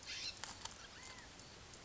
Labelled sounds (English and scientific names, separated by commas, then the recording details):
California Scrub-Jay (Aphelocoma californica)
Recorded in Sonoma County, California